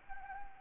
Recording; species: mosquito wingbeat signal from an infrared sensor; Anopheles arabiensis